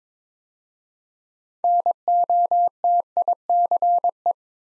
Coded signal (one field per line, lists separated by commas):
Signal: Morse code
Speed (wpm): 22 wpm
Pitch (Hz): 700 Hz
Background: none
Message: NOTICE